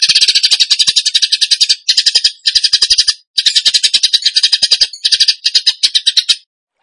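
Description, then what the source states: Bird giving harsh, buzzy chattering in rapid pulses, broken into several bursts separated by short gaps. Songbird training song (masteran), in the gacor tembakan style.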